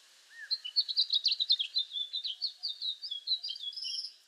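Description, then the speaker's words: House finch song: a lively, jumbled warble of quick high chirping notes, tumbling on steadily for about four seconds. Already singing; bird with red head and streaky brown plumage and a beautiful, sweet song; in a valley in Arizona. "And right now we're hearing house finches already singing."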